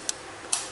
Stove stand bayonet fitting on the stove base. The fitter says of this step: turn it until it clicks in place